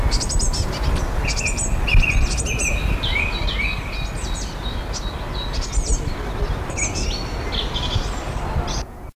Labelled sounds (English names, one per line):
Eurasian Blue Tit call